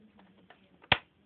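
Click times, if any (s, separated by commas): 0.9 s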